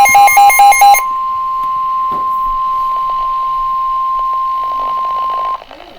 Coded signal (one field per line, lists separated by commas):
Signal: Emergency Alert System (SAME) tones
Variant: 1050 Hz attention tone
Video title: AN ENHANCED RISK... EAS Alerts from March 14, 2025